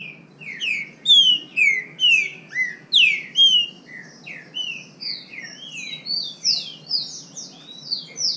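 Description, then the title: Green-winged saltator song: dense, overlapping whistled phrases of rising and falling slurred notes, rapid and continuous, seemingly more than one bird singing at once. Singing in the bush, in song contest with a free-living bird of the same kind. "Trinca Ferro NICÃ O No Mato Disputando Com Solto"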